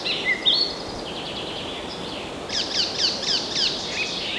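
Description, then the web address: A bird gives a thin rising whistle, then a quick run of sharp down-slurred chips, over background hiss. Forest birds. "مجموعه افکت صدا حیوانات SES Animals SFX Forest Birds"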